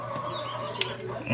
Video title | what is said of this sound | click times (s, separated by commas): Paano maglinis ng Throttle body Click 125 v2 v3 Click 150 - @reymosmotoidea REYmos Moto Idea | agag tumunog naka-lock na yan | 0.8 s